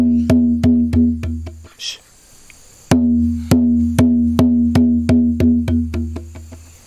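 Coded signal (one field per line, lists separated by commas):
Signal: drum signal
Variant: garamut rhythms on kundu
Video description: Various rhythms were used to convey specific messages. Since there is currently no garamut drum in the speaker's village, the speaker instead uses a (much smaller) kundu drum to demonstrate the different rhythms.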